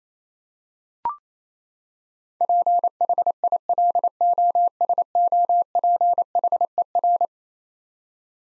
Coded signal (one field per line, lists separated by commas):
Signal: Morse code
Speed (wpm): 27 wpm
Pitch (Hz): 700 Hz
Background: none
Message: PHILOSOPHER